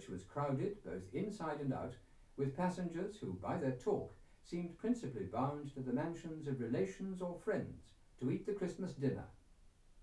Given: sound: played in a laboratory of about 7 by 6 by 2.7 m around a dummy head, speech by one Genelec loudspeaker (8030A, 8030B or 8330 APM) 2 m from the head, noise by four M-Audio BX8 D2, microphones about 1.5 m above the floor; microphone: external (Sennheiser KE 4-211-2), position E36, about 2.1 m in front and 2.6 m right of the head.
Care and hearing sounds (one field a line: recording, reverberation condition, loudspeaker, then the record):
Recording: male speech in English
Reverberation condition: low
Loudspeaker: 30 degrees to the left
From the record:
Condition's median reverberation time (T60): about 310 ms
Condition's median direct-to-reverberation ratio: about 3.5 dB